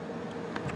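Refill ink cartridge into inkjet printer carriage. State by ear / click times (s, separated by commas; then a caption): seated / 0.6 s. A continuous-ink-system refill cartridge is pressed down with both thumbs into the cartridge carriage of an Epson WorkForce WF-2760, WF-2750, WF-2660 or WF-2650 inkjet printer. A short, sharp click sounds at 0.6 s over a steady background hum. The cartridge clicks in and is seated.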